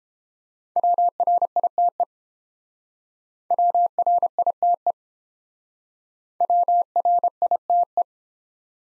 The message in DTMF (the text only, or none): none